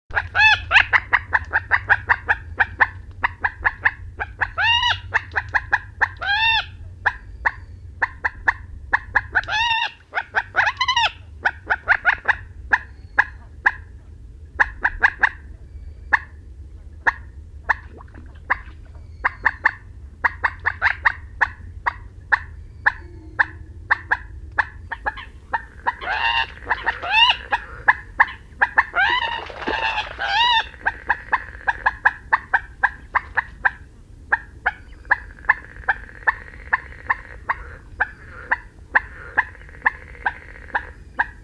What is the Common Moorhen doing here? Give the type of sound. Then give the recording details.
call. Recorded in the wild. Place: Retgendorf, Mecklenburg-Vorpommern, DE. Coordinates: 53.729, 11.504. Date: 1972-06-17. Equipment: Nagra III BH, Sennheiser MD 21, parabola. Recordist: Schubert, Michael